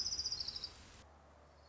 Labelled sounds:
Orange-crowned Warbler (Leiothlypis celata)
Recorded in Sonoma County, California

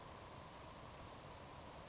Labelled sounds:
Savannah Sparrow (Passerculus sandwichensis)
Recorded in Sonoma County, California

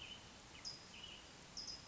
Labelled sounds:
California Towhee (Melozone crissalis)
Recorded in Sonoma County, California

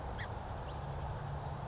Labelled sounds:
Song Sparrow (Melospiza melodia)
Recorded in Sonoma County, California

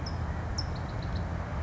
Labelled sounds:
California Towhee (Melozone crissalis)
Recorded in Sonoma County, California

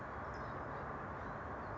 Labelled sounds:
California Towhee (Melozone crissalis)
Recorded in Sonoma County, California

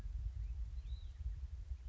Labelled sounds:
Hutton's Vireo (Vireo huttoni)
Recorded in Sonoma County, California

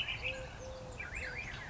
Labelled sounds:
Eurasian Collared Dove (Streptopelia decaocto)
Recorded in Sonoma County, California

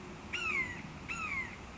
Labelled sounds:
Red-shouldered Hawk (Buteo lineatus)
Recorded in Sonoma County, California

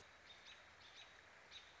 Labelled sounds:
American Robin (Turdus migratorius)
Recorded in Sonoma County, California

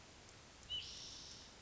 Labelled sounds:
White-breasted Nuthatch (Sitta carolinensis)
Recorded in Sonoma County, California

